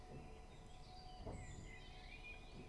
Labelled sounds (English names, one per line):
Common Blackbird